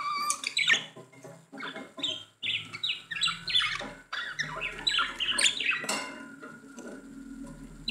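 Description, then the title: Budgerigar warble: dense, steady chattering of squeaks, clicks and short whistles, with a faint low hum underneath. "Budgie Sounds"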